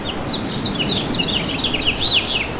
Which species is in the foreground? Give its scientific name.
Haemorhous mexicanus